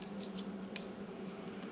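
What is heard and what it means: A wire shelf is slid down onto the plastic split-sleeve clips on a chrome shelving post over a steady low hum. A faint scrape is followed by a quiet, sharp click at 0.8 s as the clip seats, with the shelf clicking into place at the 16 mark.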